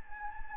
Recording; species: mosquito wingbeat signal from an infrared sensor; Anopheles gambiae